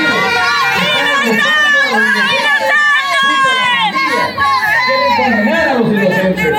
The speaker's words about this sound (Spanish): Lo que ustedes están escuchando ahorita son los gritos de muchas madres que han salido a manifestarse pidiendo la libertad y encontrar el paradero de sus hijos e hijas que han sido desaparecidas bajo el régimen de excepción en El Salvador.